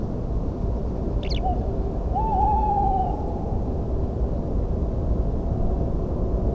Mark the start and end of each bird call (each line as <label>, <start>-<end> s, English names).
Eurasian Skylark, 1.22-1.41 s
Tawny Owl, 1.41-3.14 s